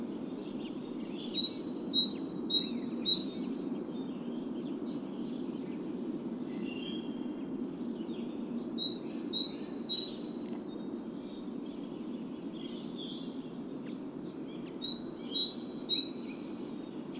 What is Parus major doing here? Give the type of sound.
song